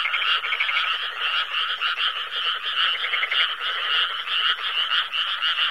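Frogs in a loud chorus, quick repeated croaks layered over continuous high trills.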